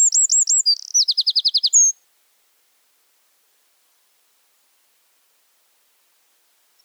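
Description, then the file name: Eurasian wren song, a short burst of high twittering notes and a fast trill, followed by silence. "Zaunkoenig Gesang"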